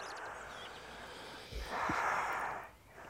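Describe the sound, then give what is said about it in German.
A woman takes a single audible breath, a soft airy rush that swells midway and fades, over a steady background hiss with no talking. “Sie atmet.”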